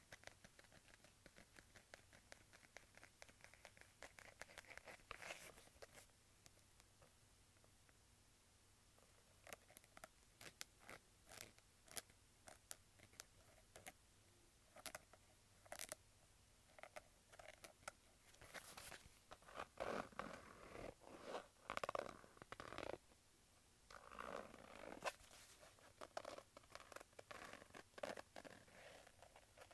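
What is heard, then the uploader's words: Leather wallet being handled: irregular bursts of dry creaks, rubs and sharp flicks scattered throughout. Activity is sparse early, then grows denser after about eighteen seconds with longer rustling scrapes, over a faint low hum. ASMR Leather Wallet Sounds.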